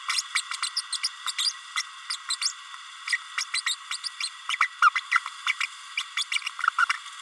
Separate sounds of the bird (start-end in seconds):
0.08-0.23, 0.35-0.41, 0.51-0.56, 0.62-0.69, 0.76-0.82, 0.92-0.98, 1.03-1.09, 1.26-1.32, 1.38-1.52, 1.75-1.82, 2.10-2.17, 2.30-2.36, 2.41-2.52, 3.07-3.18, 3.38-3.44, 3.54-3.61, 3.66-3.77, 3.91-3.97, 4.04-4.09, 4.20-4.29, 4.49-4.57, 4.60-4.68, 4.82-4.90, 4.95-5.00, 5.11-5.19, 5.46-5.53, 5.60-5.63, 5.97-6.03, 6.17-6.24, 6.32-6.38, 6.78-6.85